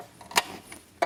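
A steel snap ring is pushed with a snap ring tool into its groove to retain a roller bearing in a steel clutch/brake pedal support hanger. Faint ticks and a sharp tick at about 0.4 s come first, then a loud, bright click at 1.0 s as the ring locks into the groove and is seated.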